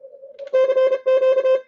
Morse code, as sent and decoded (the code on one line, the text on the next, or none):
-.-. --.-
CQ